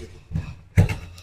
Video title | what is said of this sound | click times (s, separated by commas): LSD world Best Quality Curv Cabinet कैसे तैयार होता है मजबूती बेस्ट है | देखिए ये सारा लॉक हो गया इस तरह लॉक हो जाएगा यह सिस्टम है | 0.8 s